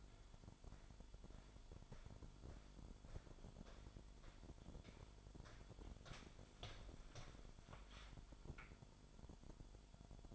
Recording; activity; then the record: daily activity, microphone in the room; walk to room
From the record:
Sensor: 5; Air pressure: 1008.3 hPa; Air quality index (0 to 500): 126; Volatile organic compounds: 1 ppm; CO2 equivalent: 972 ppm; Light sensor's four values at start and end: 38/89/36/36 and 37/87/35/35